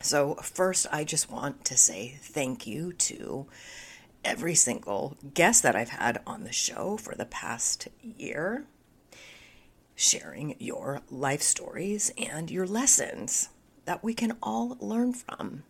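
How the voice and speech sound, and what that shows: Adult woman speaking with spasmodic dysphonia, a voice condition she developed earlier this year and is still navigating; her voice is strained and breaks, with creaky, broken phonation and pauses within phrases.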